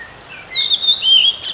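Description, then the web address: Redwing song: a short phrase of high, thin whistled notes, ending in a brief squeaky twitter, over a soft hiss. Recorded 10 April 2016. "fagelljud 20160410 rodvingetrast"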